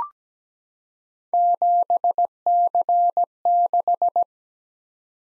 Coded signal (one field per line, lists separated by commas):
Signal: Morse code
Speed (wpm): 17 wpm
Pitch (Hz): 700 Hz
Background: none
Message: 7C6